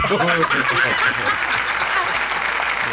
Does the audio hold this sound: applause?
yes